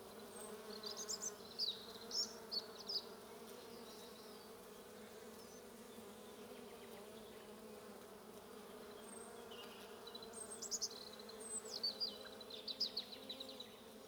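Bees buzz in an even low hum; bursts of high bird chirping come at the start and again near the end.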